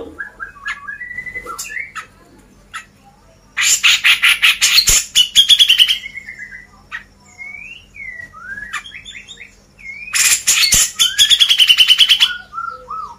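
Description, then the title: Grey-cheeked bulbul song: slurred whistled notes, some rising and some falling, between two loud bouts of harsh chattering that turn into quick buzzy trills. Masteran, a training recording played to caged birds. "MASTERAN CUCAK JENGGOT"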